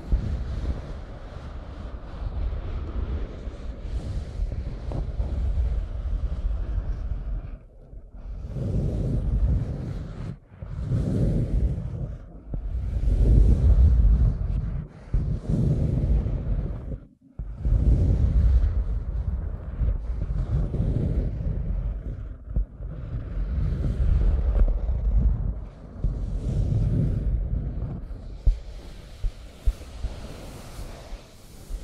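Scratching and tracing strokes come as rough, rumbling bursts, each lasting a second or two, repeating every few seconds with brief near-silent pauses between them. The sound is mostly low and gritty, with a thinner, hissier edge creeping in over the final seconds.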